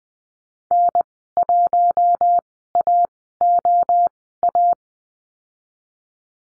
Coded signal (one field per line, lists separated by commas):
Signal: Morse code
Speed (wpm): 20 wpm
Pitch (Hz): 700 Hz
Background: none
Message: N1AOA